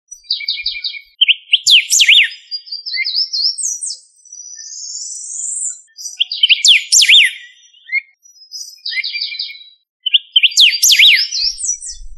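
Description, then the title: Bird calls: rapid bursts of varied high chirps and sharp whistled sweeps, with a longer rising whistle in the middle, the phrase pattern recurring several times. "LuckyPassaro Completos2Sama"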